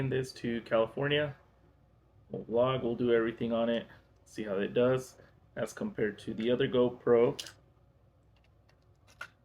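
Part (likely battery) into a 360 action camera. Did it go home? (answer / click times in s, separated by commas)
no / none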